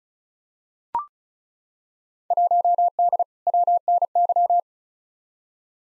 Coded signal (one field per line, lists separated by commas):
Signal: Morse code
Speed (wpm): 34 wpm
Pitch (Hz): 700 Hz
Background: none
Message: 1D WNY